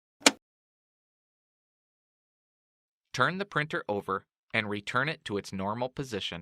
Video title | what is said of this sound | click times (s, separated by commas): Fixing a Carriage Jam HP Deskjet 3050 All in One Printer HP DeskJet HP | Close the cleanout door and gently push the door forward until it snaps into place. | 0.3 s